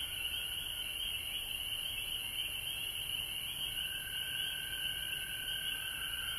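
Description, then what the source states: Frog chorus, continuous high trills with a mid-pitched voice growing clearer toward the end. Recorded at home in Georgia on March 19, 2020.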